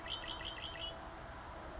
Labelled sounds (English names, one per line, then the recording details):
Red-winged Blackbird
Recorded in Sonoma County, California